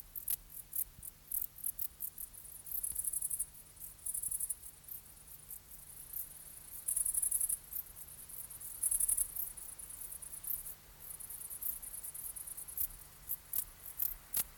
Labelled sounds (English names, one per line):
Bog Bush-cricket stridulation